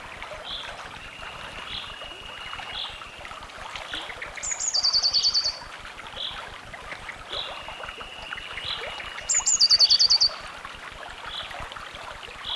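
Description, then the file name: Eurasian blue tit song: thin high notes dropping into a fast silvery trill, given twice about five seconds apart, with steady rushing background noise and a faint flat whistle. "Cyanistes caeruleus"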